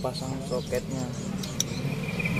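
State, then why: Seated. An electrical wiring connector is pushed onto the fuel pump during a fuel pump replacement on a small Suzuki Carry van. Someone talks over background music, and a sharp, short click at 1.6 s marks the connector seating on the pump.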